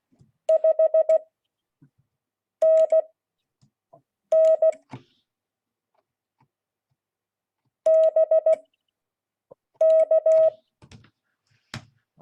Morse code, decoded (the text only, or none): 5NN BK